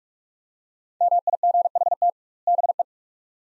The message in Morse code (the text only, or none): MIGHT BE